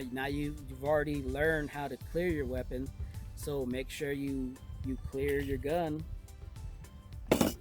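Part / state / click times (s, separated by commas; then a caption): magazine released from a pistol grip / released / 7.3 s. Someone talks while clearing a handgun after dry-fire practice, then presses the magazine release, and the metal or polymer magazine drops free of the pistol grip with a sharp clack at 7.3 s. The magazine is released and out of the gun.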